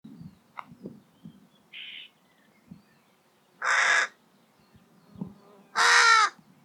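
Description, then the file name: Carrion crow calling with two harsh caws after a short, quieter note, amid light tapping sounds. "Corvus corone"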